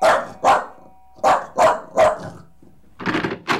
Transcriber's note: dog barking